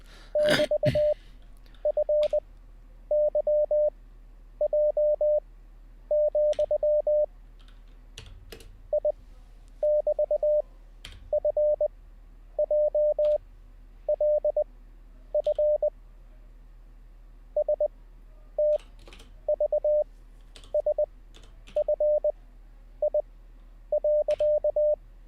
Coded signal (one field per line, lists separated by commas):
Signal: Morse code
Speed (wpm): 20 wpm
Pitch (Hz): 600 Hz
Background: none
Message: <BT>FYJ, I<BT>FJLF STVSFI.